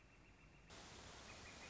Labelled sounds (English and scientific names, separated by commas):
Northern Flicker (Colaptes auratus)